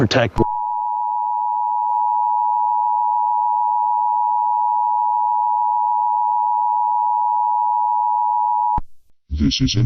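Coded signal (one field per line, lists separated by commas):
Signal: Emergency Alert System (SAME) tones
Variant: 853 and 960 Hz attention tone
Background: speech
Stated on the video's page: Simulated SAME tones in a fictional EAS scenario.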